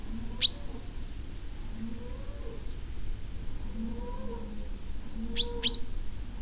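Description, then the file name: Common chaffinch single sharp call, then a quick pair of metallic notes several seconds later, against soft low droning sounds. "Fringilla coelebs"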